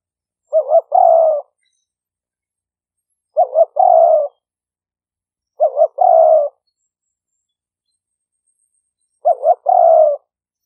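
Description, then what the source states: Spotted dove coos in four phrases a few seconds apart, each a brief stuttered double note leading into a longer, gently falling coo. Vietnamese cooing style called "5 hậu".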